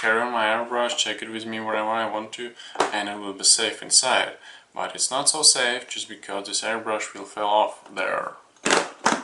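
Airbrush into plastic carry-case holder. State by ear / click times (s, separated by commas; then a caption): partly seated / 8.7 s. Someone talks for most of the clip, then an airbrush is set into the plastic holder of its carry case, giving a sharp click at about 8.7 s and another short tap near 9.1 s. The airbrush is only partly seated: it is not pressed all the way into the holder and will eventually fall out.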